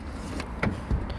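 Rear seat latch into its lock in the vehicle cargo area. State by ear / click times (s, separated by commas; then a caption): not seated / none. A rear seat in the cargo area of a 2024 Mahindra Scorpio is pulled and folded by hand toward its lock, giving short handling knocks near 0.4 s, 0.6 s and 1.1 s. The seat latch has not yet locked into place when the clip ends.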